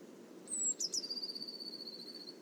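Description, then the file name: Eurasian blue tit, one faint phrase: a thin high whistle and short sharp notes, then a long, even trill drawn out against a low background rumble. "Cyanistes caeruleus"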